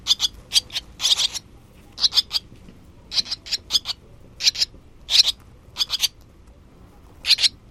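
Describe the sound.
Barn swallow calls: bright high chirps, given singly or in quick clusters, repeated throughout.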